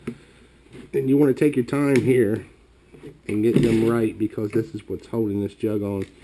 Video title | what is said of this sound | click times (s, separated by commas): Electric gas jug kit Review | Just push it down nice and hard, and you can hear them snap back in place. | 0.1 s